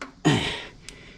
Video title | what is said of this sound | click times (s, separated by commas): Upgrade Your Ride: Installing Bars And Risers On The Harley Lowrider St Part 2 | and it locks there you go hear that click | 0.9 s